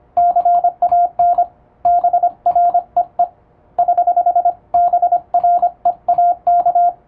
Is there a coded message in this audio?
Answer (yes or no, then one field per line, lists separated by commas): yes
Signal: Morse code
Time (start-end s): 0.2-6.9 s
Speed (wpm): 25 wpm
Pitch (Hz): 700 Hz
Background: radio noise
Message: CAN BREE <HH> BREAK